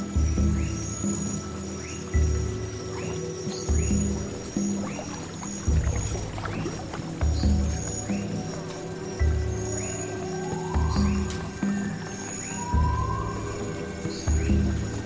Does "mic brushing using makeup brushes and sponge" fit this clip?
no